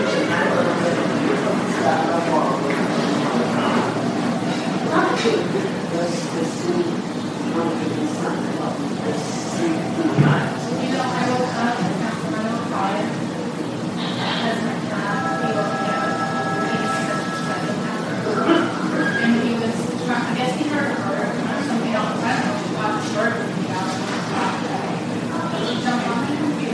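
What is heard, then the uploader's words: A busy hospital emergency room with many voices talking at once in a steady, dense murmur throughout. Short tonal beeps appear around the middle, with a held electronic tone near fifteen to eighteen seconds, and a brief bump or clatter near ten seconds. Hospital Emergency Room.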